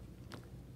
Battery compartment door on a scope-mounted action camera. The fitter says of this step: put it all back together close it lock it and you're getting ready to go now